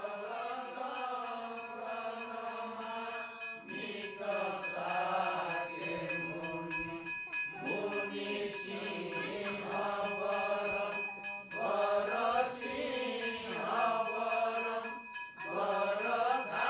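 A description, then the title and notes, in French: A mantra is chanted in a steady, droning voice, sung in long phrases of about four seconds, each ending in a brief pause before the next begins. Quick, even taps or chimes run throughout in the background, keeping a regular beat. Mantra au Golden Temple, Patan. Nous assistons à une session de prières en cette soirée de pleine lune.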